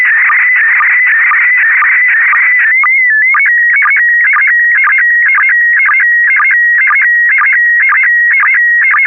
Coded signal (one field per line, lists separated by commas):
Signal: SSTV (slow-scan television)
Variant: PD 120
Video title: N6NA SSTV Net - 09/18/2024